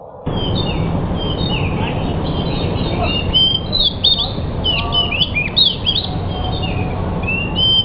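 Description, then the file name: Pied bush chat song: a busy stream of varied high chirps, slurred whistles and short trills over a steady low rumbling hiss. Described in Indonesian as 'sudah jadi', meaning a finished, fully trained songbird. "suara burung decu sudah jadi. omkicau"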